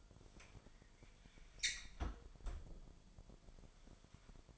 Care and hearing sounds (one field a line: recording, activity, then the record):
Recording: daily activity, microphone in the room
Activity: close fridge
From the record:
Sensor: 5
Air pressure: 1002.1 hPa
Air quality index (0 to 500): 224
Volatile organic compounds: 28 ppm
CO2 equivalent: 2918 ppm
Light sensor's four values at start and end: 10/23/10/11 and 9/21/8/9